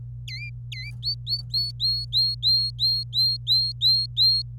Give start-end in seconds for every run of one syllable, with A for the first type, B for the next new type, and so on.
0.28-0.91 A, 1.02-4.42 B